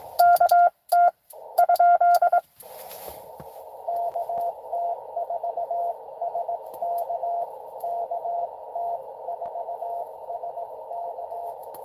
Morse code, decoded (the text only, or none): KT ? KT4SK KT4SK